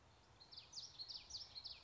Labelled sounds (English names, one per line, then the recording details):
Common Yellowthroat
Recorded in Sonoma County, California